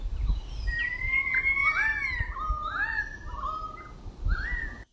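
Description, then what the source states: Currawong call: long sustained whistles with gliding, wavering pitch, followed by shorter rising whistled notes, over low rumbling background sounds. Sydney currawong, a recording played on radio to show a call totally different from the Victorian currawong's.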